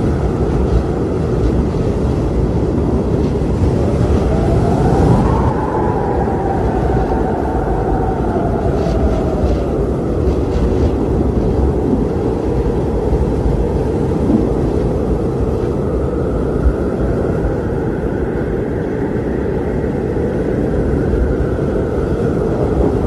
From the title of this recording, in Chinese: 风雪之夜